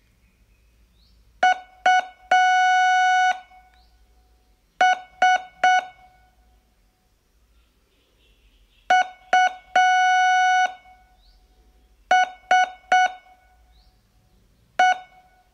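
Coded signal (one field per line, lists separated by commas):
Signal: Morse code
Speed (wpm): 6 wpm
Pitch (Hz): 740 Hz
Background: none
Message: US USE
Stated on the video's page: Morse training lesson, day 12 of a 42-day course.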